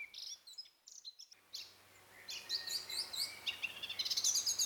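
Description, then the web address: Eurasian blackcap song, faint and sparse at first, then a quiet gap before a run of high notes builds toward the end. "SETE Sylvia atricapilla"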